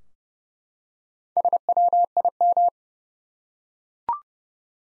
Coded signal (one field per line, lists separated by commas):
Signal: Morse code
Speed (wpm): 30 wpm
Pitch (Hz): 700 Hz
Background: none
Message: SWIM